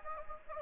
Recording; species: mosquito wingbeat signal from an infrared sensor; Anopheles gambiae